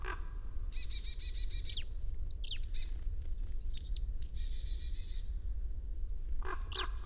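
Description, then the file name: Marsh tit calls: sharp high downslurred notes and two fast runs of buzzy, nasal, evenly repeated notes, over a steady low rumble. "Poecile palustris"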